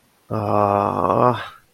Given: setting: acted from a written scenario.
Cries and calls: vocal sound without words; shame

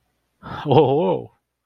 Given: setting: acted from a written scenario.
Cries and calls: vocal sound without words; positive surprise

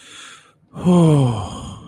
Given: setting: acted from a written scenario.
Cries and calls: vocal sound without words; relief

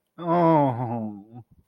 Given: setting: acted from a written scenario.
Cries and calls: vocal sound without words; embarrassment

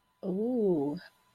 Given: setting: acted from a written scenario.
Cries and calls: vocal sound without words; contentment

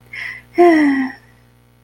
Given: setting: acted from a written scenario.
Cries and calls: vocal sound without words; romantic love

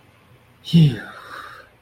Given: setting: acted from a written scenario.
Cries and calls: vocal sound without words; relief

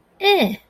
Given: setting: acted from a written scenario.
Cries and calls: vocal sound without words; disgust

